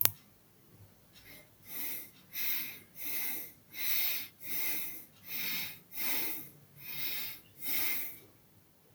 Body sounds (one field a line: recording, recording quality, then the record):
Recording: shallow breathing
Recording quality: excellent, no background noise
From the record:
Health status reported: healthy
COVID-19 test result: not tested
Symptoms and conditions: none ticked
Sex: male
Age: 24 years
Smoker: not ticked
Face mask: not worn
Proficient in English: yes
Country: India